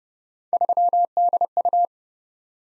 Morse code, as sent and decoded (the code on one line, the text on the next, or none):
...-- -.. ..-
3DU